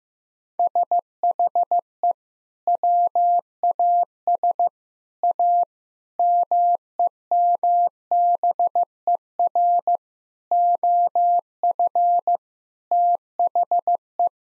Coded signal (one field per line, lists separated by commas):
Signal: Morse code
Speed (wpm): 15 wpm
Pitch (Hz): 700 Hz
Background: none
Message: SHE WAS A MEMBER OF THE